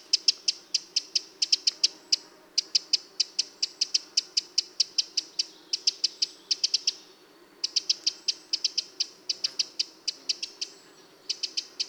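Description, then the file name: Eurasian wren giving dry, ticking calls, sharp clicks repeated rapidly in long bursts of several per second with brief pauses between runs. "Troglodytes troglodytes"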